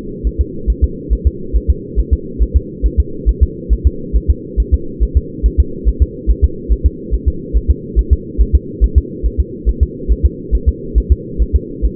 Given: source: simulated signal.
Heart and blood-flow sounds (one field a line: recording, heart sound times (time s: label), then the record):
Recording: fetal heart sounds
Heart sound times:
0.27 s: S1
0.41 s: S2
0.70 s: S1
0.84 s: S2
1.13 s: S1
1.27 s: S2
1.56 s: S1
1.70 s: S2
1.99 s: S1
2.13 s: S2
2.42 s: S1
2.56 s: S2
2.86 s: S1
3.00 s: S2
3.29 s: S1
3.43 s: S2
3.73 s: S1
3.87 s: S2
4.16 s: S1
4.30 s: S2
4.60 s: S1
4.74 s: S2
5.03 s: S1
5.17 s: S2
5.46 s: S1
5.60 s: S2
5.88 s: S1
6.02 s: S2
6.30 s: S1
6.44 s: S2
6.72 s: S1
6.86 s: S2
7.14 s: S1
7.28 s: S2
7.56 s: S1
7.70 s: S2
7.99 s: S1
8.13 s: S2
8.41 s: S1
8.55 s: S2
8.84 s: S1
8.98 s: S2
9.26 s: S1
9.40 s: S2
9.69 s: S1
9.83 s: S2
10.12 s: S1
10.26 s: S2
10.55 s: S1
10.69 s: S2
10.98 s: S1
11.12 s: S2
11.42 s: S1
11.56 s: S2
11.85 s: S1
From the record:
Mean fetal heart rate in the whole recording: 140 bpm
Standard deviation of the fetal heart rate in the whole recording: 2 bpm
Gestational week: 34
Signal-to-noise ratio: -4.3 dB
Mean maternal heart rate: 72 bpm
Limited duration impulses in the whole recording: absent